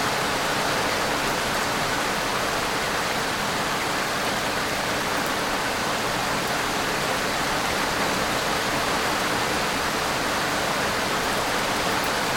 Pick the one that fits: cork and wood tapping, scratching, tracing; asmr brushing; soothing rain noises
soothing rain noises